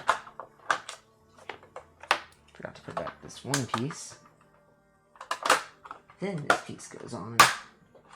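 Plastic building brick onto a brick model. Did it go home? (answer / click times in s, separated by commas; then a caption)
no / none. A plastic Lego building brick is handled and pressed toward a Lego Hogwarts Castle brick model, with sharp plastic clicks and taps from the pieces while someone talks. Nothing has seated or clicked into place yet.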